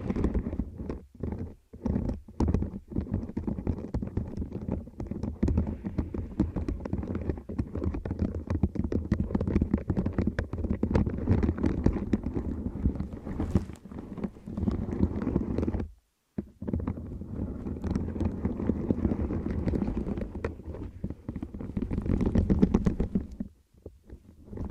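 Deep ear crinkles and scratchy massage sounds fill the clip with a dense, low, muffled rustling and rubbing. Short clicky breaks and quick dropouts recur, with a full silence near sixteen seconds and another just before the end.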